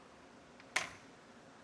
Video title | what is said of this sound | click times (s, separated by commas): etrailer - Thule OutPace 2 Bike Rack Fit Check - 2024 Jeep Grand Cherokee 4xe | You'll hear that click. | 0.8 s